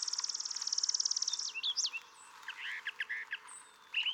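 Brown thrasher song opening with a rapid high buzzy trill, followed by slurred whistles and clipped chirping notes over faint background hiss.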